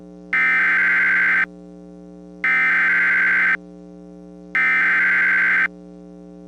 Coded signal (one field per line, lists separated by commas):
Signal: Emergency Alert System (SAME) tones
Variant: header bursts